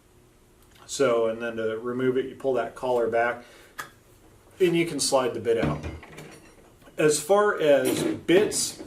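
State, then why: Released. Someone talks while pulling back the spring-loaded chuck collar of an SDS rotary hammer to unlock the drill bit, and one short, sharp tick is heard at 3.8 s as the collar is pulled back. The bit is then slid out and released from the chuck.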